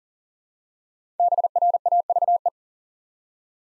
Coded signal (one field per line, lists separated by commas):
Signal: Morse code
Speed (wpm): 40 wpm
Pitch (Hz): 700 Hz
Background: none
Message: BRAVE